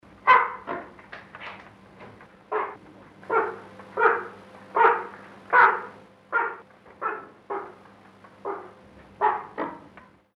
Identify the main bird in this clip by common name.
Great White Pelican